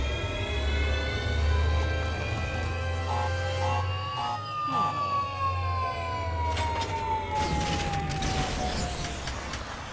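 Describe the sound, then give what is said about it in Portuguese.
The V14 laser defense system of an electric car fires at pumpkins with a loud, steady electronic whine over a deep droning hum, then a long tone slowly sweeps downward in pitch, sounding almost like a siren. “Ativando o sistema de defesa laser V14.”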